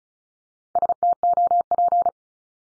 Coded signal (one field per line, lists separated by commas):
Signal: Morse code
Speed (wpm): 36 wpm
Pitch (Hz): 700 Hz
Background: none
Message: STOP